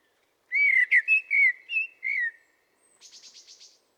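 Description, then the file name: Common blackbird song: several mellow whistled notes in quick succession, followed by a short, soft buzzy trill. "Turdus merula"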